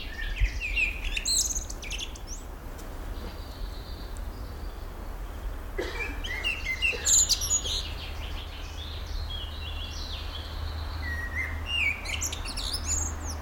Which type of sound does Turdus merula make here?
song